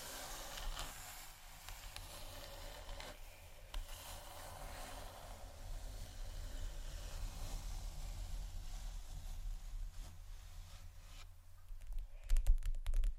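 Fingers scratch and rub across a table surface in a steady, grainy rasp, with a few sharp taps and louder scrapes near the end.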